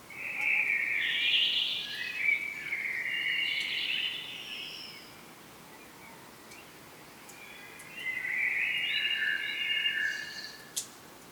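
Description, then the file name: Common blackbird, two warbling phrases separated by a pause of a few seconds, with a faint high note and hiss around them. "Turdus merula"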